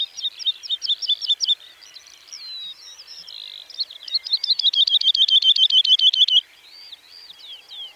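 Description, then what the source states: Woodlark song: high, liquid warbled phrases, then a fast trill of repeated notes lasting about two seconds, followed by softer fluting notes. Recorded at Dittenheim on 30 March 2014.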